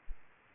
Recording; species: mosquito wingbeat signal from an infrared sensor; Aedes aegypti